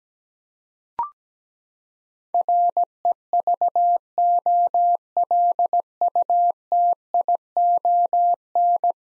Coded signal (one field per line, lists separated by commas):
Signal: Morse code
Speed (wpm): 17 wpm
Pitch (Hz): 700 Hz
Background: none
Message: REVOLUTION